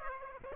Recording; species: mosquito wingbeat signal from an infrared sensor; Aedes aegypti